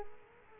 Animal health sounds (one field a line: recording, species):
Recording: mosquito wingbeat signal from an infrared sensor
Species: Culex quinquefasciatus